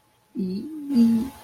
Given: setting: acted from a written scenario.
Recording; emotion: vocal sound without words; embarrassment